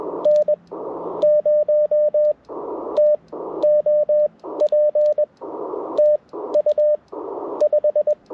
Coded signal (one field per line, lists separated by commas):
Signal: Morse code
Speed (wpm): 21 wpm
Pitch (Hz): 600 Hz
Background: radio noise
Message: N0TOP TU 5